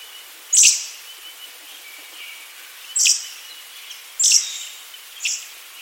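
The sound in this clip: Little Lorikeet giving four brief, shrill screeches at uneven gaps.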